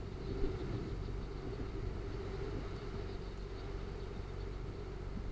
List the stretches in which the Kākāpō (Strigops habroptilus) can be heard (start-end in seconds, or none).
none